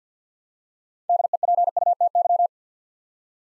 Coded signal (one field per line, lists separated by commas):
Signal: Morse code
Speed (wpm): 52 wpm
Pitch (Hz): 700 Hz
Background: none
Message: DEPUTY